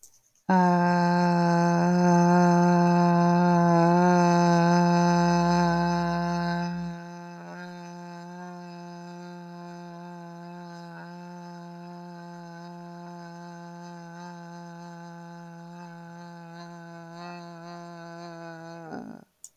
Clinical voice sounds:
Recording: vowel held as long as possible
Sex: female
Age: 40 to 49 years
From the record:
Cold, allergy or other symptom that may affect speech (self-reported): no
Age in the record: 42 years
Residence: Illinois, United States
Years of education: 20

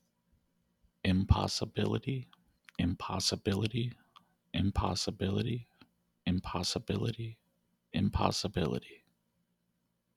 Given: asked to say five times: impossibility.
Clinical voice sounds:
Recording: repeated word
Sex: male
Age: 30 to 39 years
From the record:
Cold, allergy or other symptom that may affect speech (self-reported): no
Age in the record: 33 years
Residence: Florida, United States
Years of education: 15

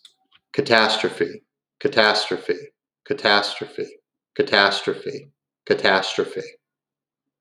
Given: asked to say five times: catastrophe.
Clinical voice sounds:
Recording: repeated word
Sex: male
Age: 30 to 39 years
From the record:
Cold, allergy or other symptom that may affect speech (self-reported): no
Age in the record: 30 years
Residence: Texas, United States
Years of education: 16

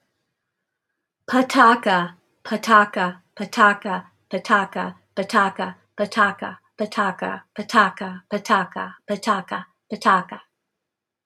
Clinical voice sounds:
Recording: repeated syllables /pa ta ka/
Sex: female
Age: 60 to 69 years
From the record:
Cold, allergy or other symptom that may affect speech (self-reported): no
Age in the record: 63 years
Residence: North Carolina, United States

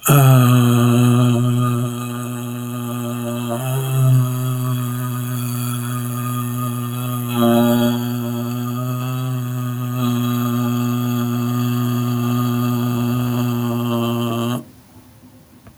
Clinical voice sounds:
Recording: vowel held as long as possible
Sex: male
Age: 60 to 69 years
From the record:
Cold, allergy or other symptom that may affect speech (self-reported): no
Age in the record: 64 years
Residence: New York, United States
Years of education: 15

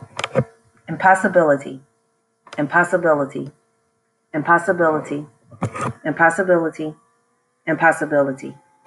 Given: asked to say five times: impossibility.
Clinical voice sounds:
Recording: repeated word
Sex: female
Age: 40 to 49 years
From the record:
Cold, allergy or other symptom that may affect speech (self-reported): no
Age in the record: 43 years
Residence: Virginia, United States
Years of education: 14

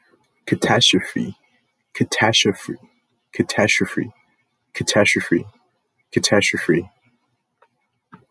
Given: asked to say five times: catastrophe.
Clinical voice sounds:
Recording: repeated word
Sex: male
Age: 30 to 39 years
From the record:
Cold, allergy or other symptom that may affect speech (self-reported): no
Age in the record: 32 years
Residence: New Mexico, United States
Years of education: 13

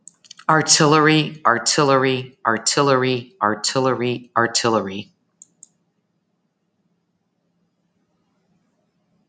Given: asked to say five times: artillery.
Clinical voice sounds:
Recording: repeated word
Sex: female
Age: 40 to 49 years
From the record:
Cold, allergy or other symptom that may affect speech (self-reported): no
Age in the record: 42 years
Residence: Florida, United States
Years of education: 16

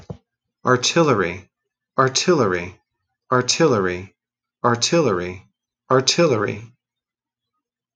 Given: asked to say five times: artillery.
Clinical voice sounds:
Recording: repeated word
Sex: male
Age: 30 to 39 years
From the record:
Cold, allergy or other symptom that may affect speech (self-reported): no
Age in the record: 38 years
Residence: Missouri, United States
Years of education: 20

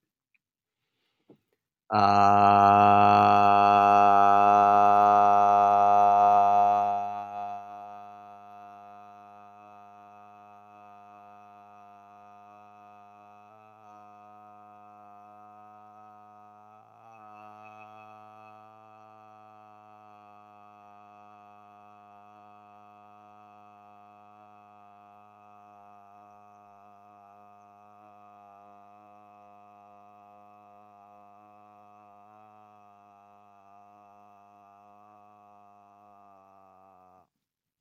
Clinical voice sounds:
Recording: vowel held as long as possible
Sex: male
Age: 20 to 29 years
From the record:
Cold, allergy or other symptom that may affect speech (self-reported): no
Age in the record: 28 years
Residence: Wisconsin, United States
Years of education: 12

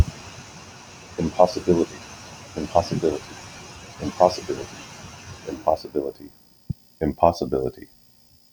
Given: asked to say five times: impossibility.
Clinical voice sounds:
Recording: repeated word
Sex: male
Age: 30 to 39 years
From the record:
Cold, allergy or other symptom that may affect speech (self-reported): no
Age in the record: 39 years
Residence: Virginia, United States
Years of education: 17

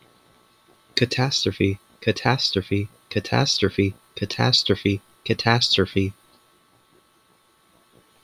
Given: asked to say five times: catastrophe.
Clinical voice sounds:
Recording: repeated word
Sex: male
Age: 30 to 39 years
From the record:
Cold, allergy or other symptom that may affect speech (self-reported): no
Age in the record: 36 years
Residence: Michigan, United States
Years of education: 17

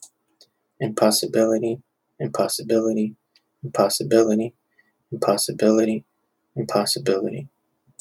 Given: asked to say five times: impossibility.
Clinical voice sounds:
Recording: repeated word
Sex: male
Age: 40 to 49 years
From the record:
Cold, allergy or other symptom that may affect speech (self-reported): no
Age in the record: 40 years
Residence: California, United States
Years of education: 16

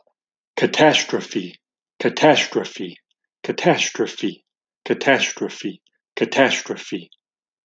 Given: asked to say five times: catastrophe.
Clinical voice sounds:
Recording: repeated word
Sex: male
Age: 40 to 49 years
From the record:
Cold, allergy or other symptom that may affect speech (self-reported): no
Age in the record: 42 years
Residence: Texas, United States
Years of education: 19

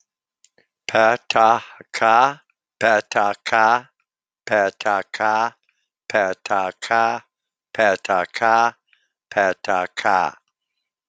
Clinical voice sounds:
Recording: repeated syllables /pa ta ka/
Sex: male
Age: 50 to 59 years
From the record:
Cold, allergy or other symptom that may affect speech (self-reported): no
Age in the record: 58 years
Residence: Michigan, United States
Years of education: 12

